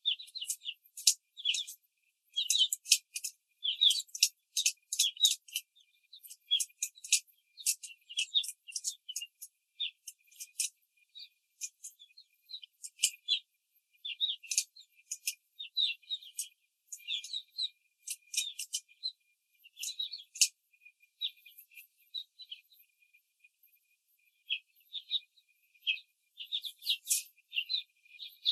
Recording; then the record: young laying hens in a cage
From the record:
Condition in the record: control cage, before the stress test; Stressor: none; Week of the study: 4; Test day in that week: 3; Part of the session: 3